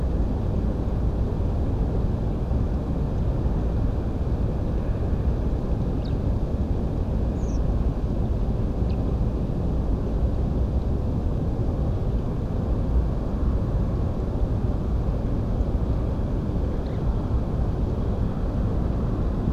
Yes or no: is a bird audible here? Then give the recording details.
yes. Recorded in France